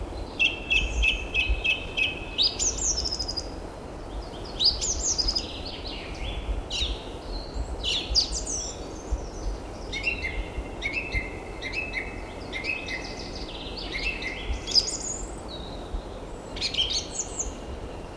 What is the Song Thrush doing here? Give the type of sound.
song